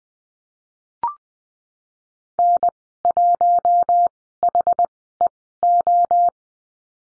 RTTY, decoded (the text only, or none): none